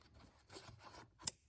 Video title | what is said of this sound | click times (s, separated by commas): JB4 Install Tutorial - Audi B9 Group 7 - S4/S5/SQ5/RS4/RS5 | Just like that, it just barely clicked. | 1.3 s